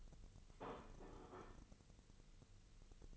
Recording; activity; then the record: daily activity, microphone in the room; place plate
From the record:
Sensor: 4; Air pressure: 1008.3 hPa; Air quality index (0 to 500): 84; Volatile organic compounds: 1 ppm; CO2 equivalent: 655 ppm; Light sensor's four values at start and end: 12/29/11/11 and 12/29/11/11